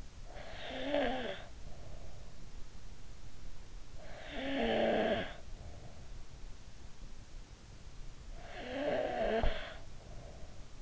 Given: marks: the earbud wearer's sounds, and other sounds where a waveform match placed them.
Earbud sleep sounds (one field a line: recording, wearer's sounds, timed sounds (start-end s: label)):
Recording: sounds in sleep by an in-ear microphone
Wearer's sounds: snoring breath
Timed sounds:
0.00-2.57 s: snoring breath
3.94-5.91 s: snoring breath
8.03-10.82 s: snoring breath